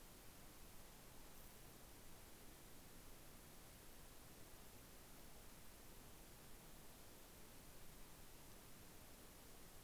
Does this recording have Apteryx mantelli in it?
no